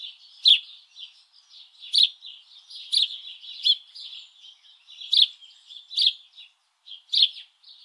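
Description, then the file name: House Sparrow calling with loud sharp chirps at uneven intervals over steady quieter chattering. "Passer domesticus"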